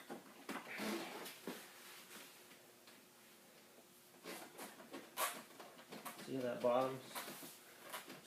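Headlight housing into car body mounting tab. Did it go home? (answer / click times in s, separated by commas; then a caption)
no / none. A plastic headlight housing on a 1999–2005 Pontiac Grand Am is fitted against its mounting tab on the car body, with a few short knocks and rattles starting at about 0.5 s while someone talks. The bottom of the housing still wiggles and does not lock in, so nothing has seated or clicked yet.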